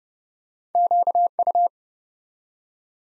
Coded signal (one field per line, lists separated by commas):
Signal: Morse code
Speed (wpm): 30 wpm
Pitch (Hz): 700 Hz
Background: none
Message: QU